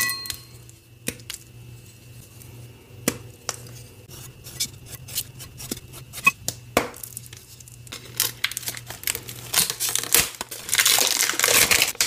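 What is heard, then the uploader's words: Crisp cracks and crumbly crunching of gym chalk, sparse snaps early, building to dense grinding crushing near the end. Dyed Chalk Cubes Process + Crush. ASMR gym chalk cutting, chopping, slicing, breaking, and crushing sounds.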